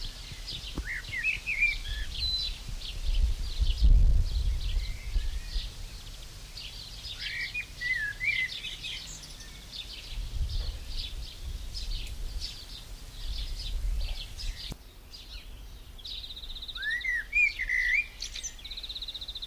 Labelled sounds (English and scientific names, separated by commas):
Common Blackbird (Turdus merula) song